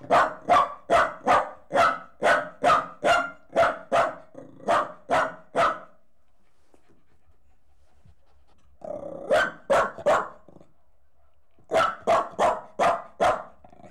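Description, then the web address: Dog barking in a rapid steady series of about fourteen barks, falling silent for a few seconds, then two more quick bursts of barking. Jack Russell Terrier crossed with Corgi, leaping. "BBC Sound Effects Library. Horses Dogs. Jack Russel Corgi Cross Leaping"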